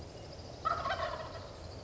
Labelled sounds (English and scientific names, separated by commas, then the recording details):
Wild Turkey (Meleagris gallopavo)
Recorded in Sonoma County, California